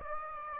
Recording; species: mosquito wingbeat signal from an infrared sensor; Aedes aegypti